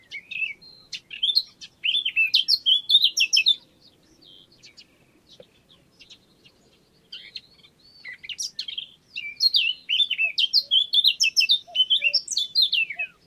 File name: Sylvia atricapilla